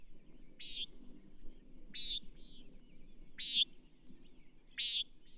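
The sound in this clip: Bird chirping: four brief high buzzy notes roughly every one and a half seconds, with a soft low rumble of background noise underneath.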